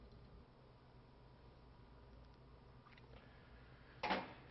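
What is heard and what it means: A retaining clip is pushed onto the plastic coupling of a connecting tube knocked into the valve port of a Synergy water softener's Fleck 9000 valve. It locks the tube in place. After a quiet stretch with a few faint taps around 2.9 s, the clip snaps sharply into place at 4.0 s and is seated.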